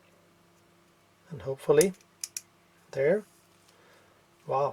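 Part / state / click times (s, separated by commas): focus helicoid ring into lens focus barrel / seated / 2.2 s, 2.4 s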